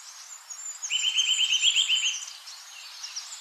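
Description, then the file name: Eurasian nuthatch, a quick rattling trill of rapid whistled notes, with thin high-pitched calls of other birds and light hiss in the background. "Sitta europaea"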